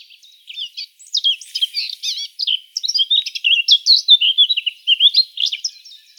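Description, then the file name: Eurasian blackcap song: a rapid, varied warble of scratchy and clear notes, starting softly and growing louder in quick bursts. "Sylvia atricapilla"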